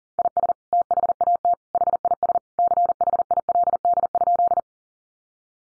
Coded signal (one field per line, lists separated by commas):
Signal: Morse code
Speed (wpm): 40 wpm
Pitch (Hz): 700 Hz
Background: none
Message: IS THAT HIS CHILD?